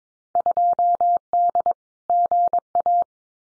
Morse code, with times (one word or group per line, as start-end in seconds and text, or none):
0.4-1.7 2D
2.1-3.0 GA